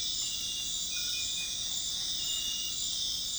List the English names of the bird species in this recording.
none